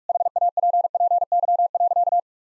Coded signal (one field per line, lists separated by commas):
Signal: Morse code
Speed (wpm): 41 wpm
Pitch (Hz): 700 Hz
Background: none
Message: HAPPY.